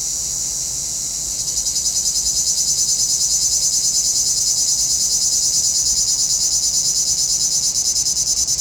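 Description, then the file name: Cicadas begin with a softer buzz, then after a second or so swell into a loud, rhythmically pulsing high drone. Cicadas heard in a pinewood. "Relaxing Music Therapy - Sounds from a Pinewood Cicadas"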